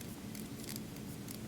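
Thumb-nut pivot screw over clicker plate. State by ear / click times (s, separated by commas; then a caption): seated / 0.0 s, 0.4 s, 0.7 s, 0.8 s, 1.3 s. A thumb-nut adjustable pivot screw on hair shears is turned, and the internal clicker plate beneath it gives rapid small clicks at 0.0, 0.4, 0.4, 0.7, 0.8 and 1.3 seconds. The clicks sound over a steady low hum, showing the clicker plate is seated and working.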